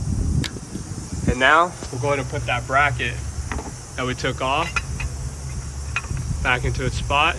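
On a 2013 Toyota Camry (2AR-FE) during an alternator change, the second plastic harness clip tab is pushed onto the alternator bracket and snaps into place with a short, sharp snap at 0.5 s. The clip is seated. Someone then talks over a low background hum.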